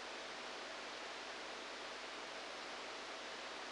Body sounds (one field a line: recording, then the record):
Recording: brain microelectrode recording played as sound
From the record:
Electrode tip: outside the subthalamic nucleus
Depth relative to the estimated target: -3 mm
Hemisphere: left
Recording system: NeuroSet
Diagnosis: Parkinson's disease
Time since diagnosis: 10 years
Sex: male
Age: 63 years